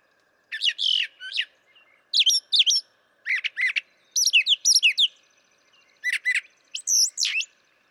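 Brown Thrasher song: distinct phrases, often paired, of sweeping, harsh and chattering notes separated by short pauses, high-pitched and varied.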